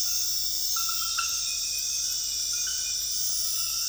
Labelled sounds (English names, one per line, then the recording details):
none
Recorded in secondary vegetation near Puerto Asís, Putumayo, Colombia, on 20 February 2024 at 02:30
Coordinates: 0.481, -76.323
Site G6376